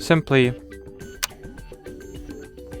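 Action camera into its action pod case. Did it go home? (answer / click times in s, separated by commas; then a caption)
yes / 1.2 s. An Insta360 GO 3S action camera is put back into its Action Pod housing and pulled home by strong magnets, snapping into place with a sharp click at 1.2 s. Someone talks briefly at the start over soft background music, and the camera ends up seated in the pod.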